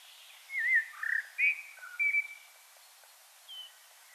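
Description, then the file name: Common blackbird song: a short series of fluty, wavering whistles, then a pause and one soft high note. "Turdus merula"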